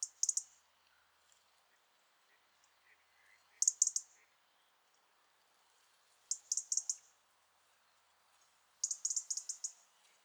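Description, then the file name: European robin giving sharp ticks in tight clusters spaced every few seconds, with faint chirps between. "Erithacus rubecula"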